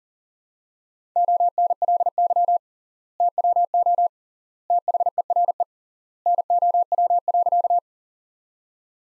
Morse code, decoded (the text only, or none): ONLY TWO THERE NOW.